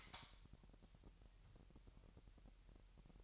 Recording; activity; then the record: daily activity, microphone in the room; light on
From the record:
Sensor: 3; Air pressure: 1001.8 hPa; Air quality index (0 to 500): 250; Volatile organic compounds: 53 ppm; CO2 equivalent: 3328 ppm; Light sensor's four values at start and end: 5/13/5/5 and 12/33/13/12